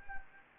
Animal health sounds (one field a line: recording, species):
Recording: mosquito wingbeat signal from an infrared sensor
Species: Anopheles gambiae